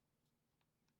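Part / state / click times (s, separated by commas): plastic battery cover onto car key fob / not seated / none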